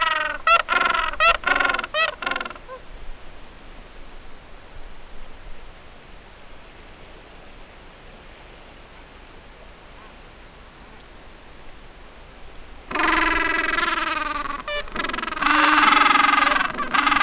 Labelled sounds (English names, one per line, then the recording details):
Gentoo Penguin
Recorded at the colony at Cape Tuxen, Antarctica, on 4 January 2015
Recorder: Song Meter SM2+